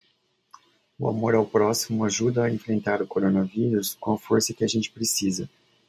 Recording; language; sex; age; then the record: spoken sentence; Brazilian Portuguese; male; 40 to 49 years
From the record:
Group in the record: control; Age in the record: 44 years